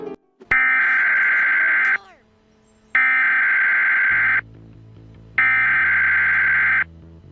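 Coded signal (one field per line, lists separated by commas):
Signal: Emergency Alert System (SAME) tones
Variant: header bursts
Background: speech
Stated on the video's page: Mock EAS alert for a fire.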